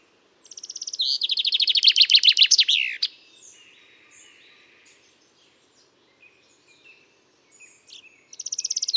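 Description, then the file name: Common chaffinch song: a fast, loud trill of rattling notes ending in a flourish, then quiet scattered chips, and a second trill beginning at the end. "Fringilla coelebs"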